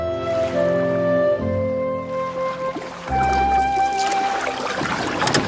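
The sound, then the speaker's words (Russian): A boat moves across water, a low steady droning rumble with sustained tonal hums that shift pitch partway through, over faint splashing and wash, with no voices. “Лодка! Этого не может быть!”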